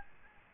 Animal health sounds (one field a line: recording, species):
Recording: mosquito wingbeat signal from an infrared sensor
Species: Aedes albopictus